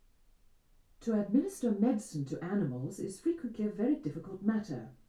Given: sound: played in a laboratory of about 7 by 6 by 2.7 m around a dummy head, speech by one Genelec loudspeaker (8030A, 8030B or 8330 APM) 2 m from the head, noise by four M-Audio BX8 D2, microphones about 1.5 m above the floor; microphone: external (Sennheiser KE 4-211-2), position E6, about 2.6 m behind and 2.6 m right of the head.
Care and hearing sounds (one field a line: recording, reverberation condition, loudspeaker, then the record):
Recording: female speech in English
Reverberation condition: low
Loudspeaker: 120 degrees to the right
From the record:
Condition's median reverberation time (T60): about 310 ms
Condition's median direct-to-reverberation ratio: about 3.5 dB